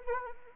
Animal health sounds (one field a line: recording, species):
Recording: mosquito wingbeat signal from an infrared sensor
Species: Anopheles arabiensis